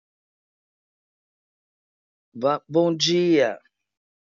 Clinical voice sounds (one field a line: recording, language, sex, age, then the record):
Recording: spoken sentence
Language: Brazilian Portuguese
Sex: female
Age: 50 to 59 years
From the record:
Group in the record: control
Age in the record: 55 years